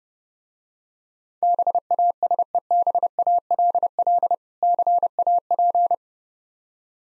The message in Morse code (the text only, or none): BASEBALL CAP